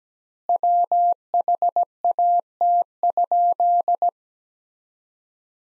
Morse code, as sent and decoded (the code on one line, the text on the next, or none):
.-- .... .- - ..--..
WHAT?